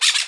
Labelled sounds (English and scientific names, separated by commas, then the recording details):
Brown-throated Parakeet (Eupsittula pertinax) contact call
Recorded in Margarita
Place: Rd. to Arenera, R. El Muco
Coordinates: 10.983, -64.362